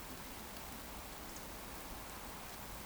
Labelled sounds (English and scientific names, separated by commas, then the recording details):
Eurasian Woodcock (Scolopax rusticola) whistle
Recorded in Baden-Württemberg, Germany, on 14 June 2020 at 20:25 UTC
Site 14569, 102 m above sea level